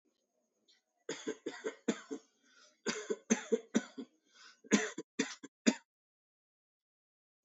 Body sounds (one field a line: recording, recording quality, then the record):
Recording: shallow voluntary cough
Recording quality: excellent, no background noise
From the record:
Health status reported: healthy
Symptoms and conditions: diabetes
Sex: male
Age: 26 years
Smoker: not ticked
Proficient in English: yes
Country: India